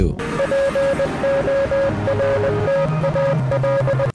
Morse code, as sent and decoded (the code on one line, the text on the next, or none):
.--. --- .-. - .- .-..
PORTAL